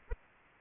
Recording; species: mosquito wingbeat signal from an infrared sensor; Aedes aegypti